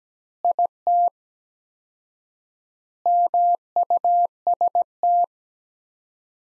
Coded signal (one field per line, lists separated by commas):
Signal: Morse code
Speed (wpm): 17 wpm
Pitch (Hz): 700 Hz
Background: none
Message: IT MUST